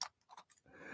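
A plastic toy brick cartridge is pulled back out of the slot of a brick-built handheld console model, giving a sharp click at 0.0 s. Fainter ticks follow around 0.5 s and 0.6 s, and then someone talks as the cartridge comes free of the console.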